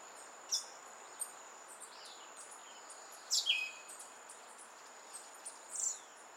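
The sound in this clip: Western red-legged thrush calls: a sharp descending squeak midway, with brief high chips before and after, and an unbroken high insect tone.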